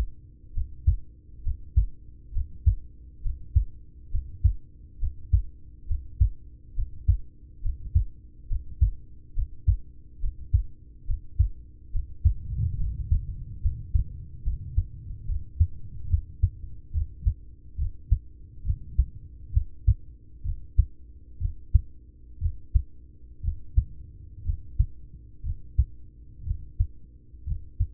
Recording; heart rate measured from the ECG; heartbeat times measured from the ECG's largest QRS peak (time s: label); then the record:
heart sounds by stethoscope; 67 bpm
0.50 s: heartbeat
1.40 s: heartbeat
2.30 s: heartbeat
3.19 s: heartbeat
4.07 s: heartbeat
4.96 s: heartbeat
5.84 s: heartbeat
6.71 s: heartbeat
7.59 s: heartbeat
8.45 s: heartbeat
9.31 s: heartbeat
10.17 s: heartbeat
11.03 s: heartbeat
11.89 s: heartbeat
12.74 s: heartbeat
13.58 s: heartbeat
14.41 s: heartbeat
15.24 s: heartbeat
16.07 s: heartbeat
16.90 s: heartbeat
17.75 s: heartbeat
18.62 s: heartbeat
19.50 s: heartbeat
20.41 s: heartbeat
21.37 s: heartbeat
22.38 s: heartbeat
23.40 s: heartbeat
24.42 s: heartbeat
25.41 s: heartbeat
26.43 s: heartbeat
27.44 s: heartbeat
From the record:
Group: heart failure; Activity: breath hold 0-14 s, rest 14-28 s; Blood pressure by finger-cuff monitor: 95/55 mmHg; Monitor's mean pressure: 67 mmHg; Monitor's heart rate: 68 bpm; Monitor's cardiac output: 5.5 L/min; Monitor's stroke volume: 77 mL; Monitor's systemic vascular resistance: 870 dyn s/cm5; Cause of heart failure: ischemic heart disease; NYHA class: 1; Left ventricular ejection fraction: 33%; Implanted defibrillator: present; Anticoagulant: apixaban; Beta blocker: carvedilol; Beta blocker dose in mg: 18.75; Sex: male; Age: 39 years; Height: 168 cm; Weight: 72 kg